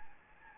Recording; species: mosquito wingbeat signal from an infrared sensor; Anopheles gambiae